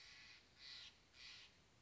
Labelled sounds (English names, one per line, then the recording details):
Steller's Jay
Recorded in Sonoma County, California